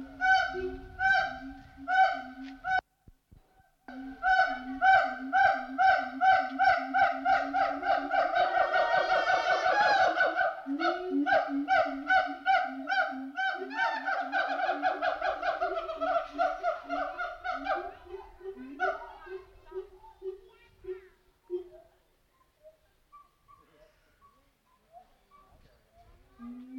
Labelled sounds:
Siamang

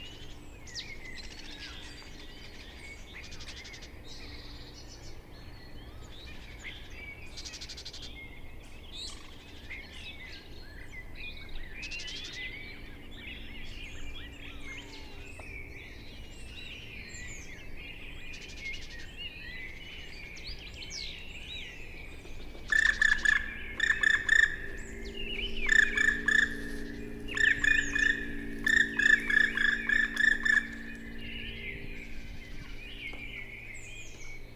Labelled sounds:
Black Woodpecker flight call

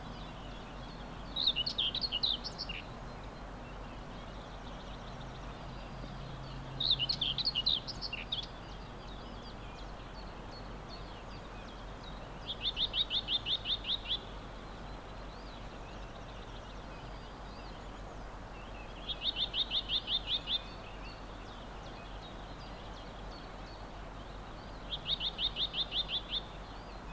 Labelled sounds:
Common Whitethroat song

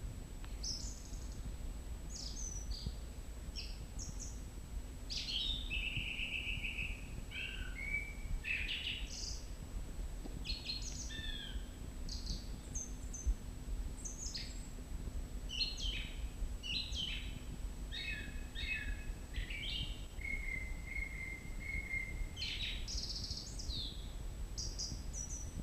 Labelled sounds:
Song Thrush song

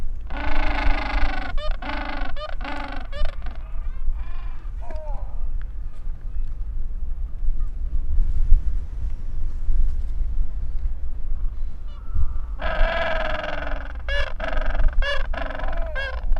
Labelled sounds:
Gentoo Penguin call

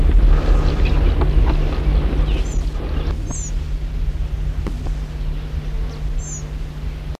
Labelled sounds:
Marico Flycatcher call

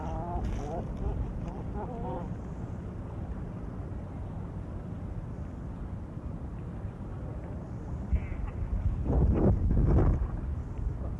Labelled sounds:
Great Cormorant call

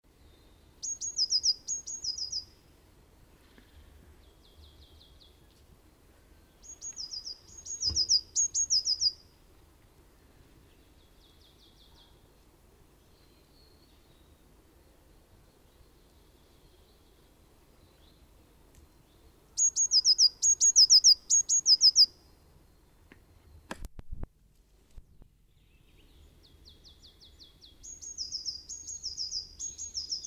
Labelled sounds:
Eurasian Blue Tit song

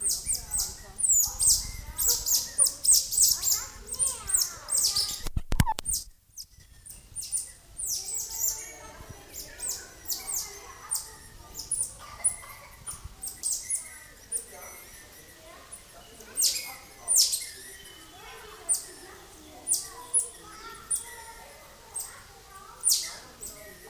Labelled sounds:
Cottontop Tamarin

